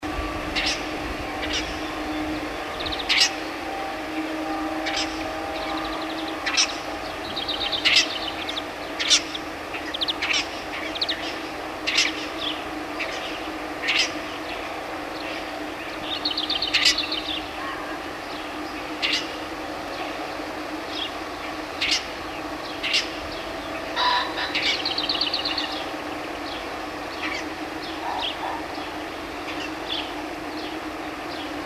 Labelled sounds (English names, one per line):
Lesser Grey Shrike call